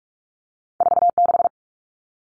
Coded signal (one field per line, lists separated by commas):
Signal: Morse code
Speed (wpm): 44 wpm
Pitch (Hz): 700 Hz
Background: none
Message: 46